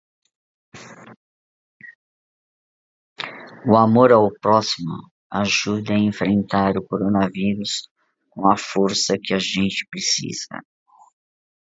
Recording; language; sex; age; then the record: spoken sentence; Brazilian Portuguese; female; 60 to 69 years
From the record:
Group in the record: control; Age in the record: 64 years